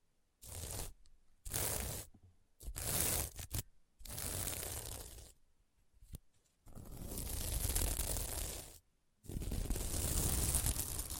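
Fingers scratch across a sequined mermaid pillow in bursts of dense, bright scraping, about eight strokes separated by brief silences, the last ones longer.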